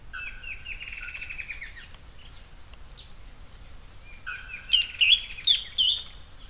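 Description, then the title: Bird singing: a quick trill, a quiet gap, then a short whistle and a burst of loud, sharp chirps. "LuckyPassaro Completos2Sama"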